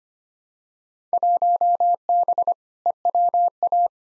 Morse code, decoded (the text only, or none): 1B EWA